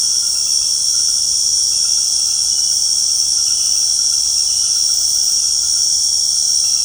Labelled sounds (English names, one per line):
none